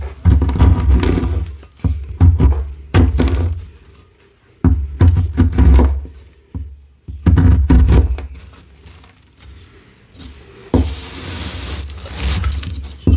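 Dyed gym chalk is chopped in a run of dense, heavy thunks with deep low thuds, coming in bursts of several quick strikes separated by short pauses. Brittle crunching and glassy clinks ride on top, and a brighter, hissing scrape fills the last few seconds.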